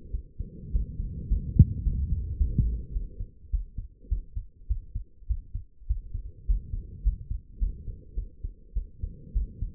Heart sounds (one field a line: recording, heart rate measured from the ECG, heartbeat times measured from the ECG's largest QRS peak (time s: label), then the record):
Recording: heart sounds by stethoscope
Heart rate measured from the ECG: 104 bpm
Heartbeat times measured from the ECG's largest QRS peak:
0.12 s: heartbeat
0.72 s: heartbeat
1.28 s: heartbeat
1.83 s: heartbeat
2.37 s: heartbeat
2.94 s: heartbeat
3.51 s: heartbeat
4.09 s: heartbeat
4.68 s: heartbeat
5.28 s: heartbeat
5.88 s: heartbeat
6.47 s: heartbeat
7.03 s: heartbeat
7.59 s: heartbeat
8.15 s: heartbeat
8.74 s: heartbeat
9.33 s: heartbeat
From the record:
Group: healthy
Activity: rest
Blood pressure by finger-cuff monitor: 103/66 mmHg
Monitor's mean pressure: 80 mmHg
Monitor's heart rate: 103 bpm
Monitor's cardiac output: 8.7 L/min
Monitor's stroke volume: 83 mL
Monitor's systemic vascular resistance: 670 dyn s/cm5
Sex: female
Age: 22 years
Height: 161 cm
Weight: 65.5 kg